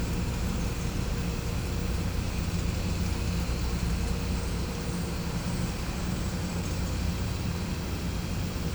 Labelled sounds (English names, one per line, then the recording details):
none
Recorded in pastures near Puerto Asís, Putumayo, Colombia, on 16 December 2024 at 13:30
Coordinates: 0.505, -76.324
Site G063